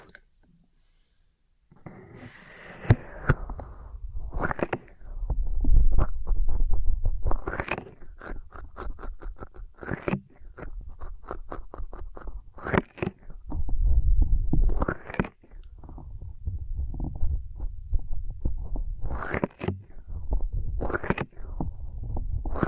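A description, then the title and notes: Ear cleaning sounds, a busy run of crackling, scratching and rubbing that starts after a near-silent second or two. Sharp clicks and bright crackles come rapidly and irregularly, with deeper rumbling swells around 5–7, 13–15 and 20–22 seconds. ASMR Intense Electrifying Ear Cleaning.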